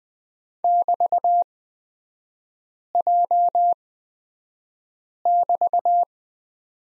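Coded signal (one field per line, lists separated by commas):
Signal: Morse code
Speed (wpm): 20 wpm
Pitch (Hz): 700 Hz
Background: none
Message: <BT>J<BT>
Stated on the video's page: Morse lesson on the prosign BT at Farnsworth speed 20/10 wpm.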